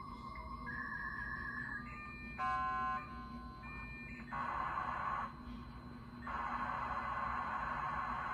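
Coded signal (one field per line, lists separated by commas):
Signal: dial-up modem handshake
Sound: modem tones and warbling steps, then bursts of harsh wideband hiss with pauses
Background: low hum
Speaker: okay logging on the network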